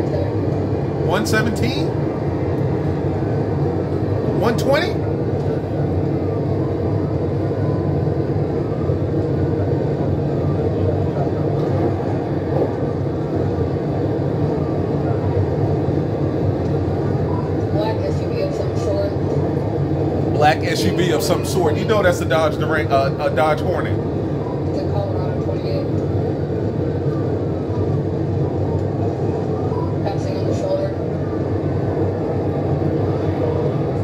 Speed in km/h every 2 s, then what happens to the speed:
193, 196, 196, 196, 198, 198, 198, 198, 196, 196, 196, 196, 190, 175, 177, 182, 185.
0-22 steady at about 196. 22-26 brakes to 175. 26-34 speeds up to 185.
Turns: none.